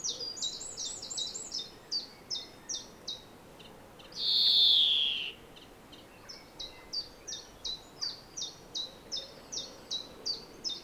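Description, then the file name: European greenfinch calls: many crisp high chirps in a rapid series, broken once by a single long, buzzy, falling wheeze. "Chloris chloris"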